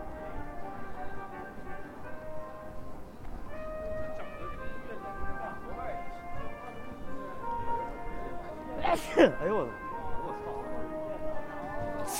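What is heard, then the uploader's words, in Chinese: Zhongjie street in Shenyang: a continuous murmur of many voices, with steady held tones weaving through it, like calls or music. Around nine seconds a sudden loud, bright burst with swooping pitch cuts through, over a constant low rumble. 沈阳，中街。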